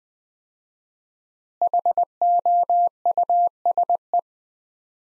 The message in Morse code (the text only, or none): HOUSE